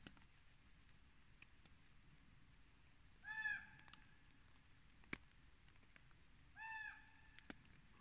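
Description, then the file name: Bird sounds: a brief, very high rapid trill, then two drawn-out harmonic calls a few seconds apart, with occasional sharp clicks and low background rumble. Unidentified bird recorded at Store Fidlingen; submitted as a question asking which bird it is. "hvilken fugl store fidlingen"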